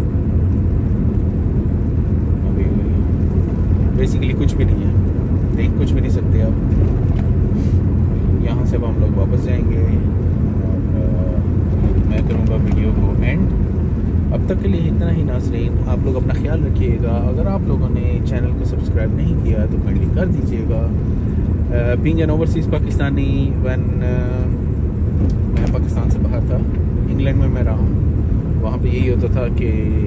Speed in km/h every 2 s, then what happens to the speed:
26, 27, 27, 27, 27, 26, 26, 24, 25, 24, 24, 24, 24, 24, 24.
0-30 steady at about 25.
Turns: none.